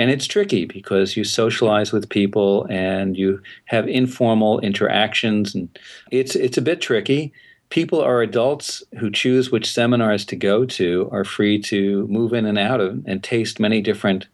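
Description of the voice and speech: A man speaks steadily in a low-pitched voice, with a few brief pauses and hesitations. Phrasing is fluent, with no clear repetitions, blocks or stretched sounds, and voice quality is ordinary.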